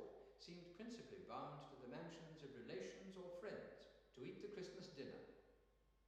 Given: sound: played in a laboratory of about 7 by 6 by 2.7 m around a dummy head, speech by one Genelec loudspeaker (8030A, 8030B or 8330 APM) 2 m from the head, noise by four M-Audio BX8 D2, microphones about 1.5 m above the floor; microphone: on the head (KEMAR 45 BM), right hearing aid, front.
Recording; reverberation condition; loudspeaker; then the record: male speech in English; high; 120 degrees to the right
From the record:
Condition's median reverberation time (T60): about 1300 ms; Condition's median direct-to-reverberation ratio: about -4.0 dB